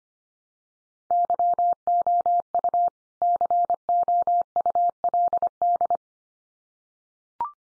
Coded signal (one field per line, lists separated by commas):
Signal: Morse code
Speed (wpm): 25 wpm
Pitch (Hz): 700 Hz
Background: none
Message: YOU COULD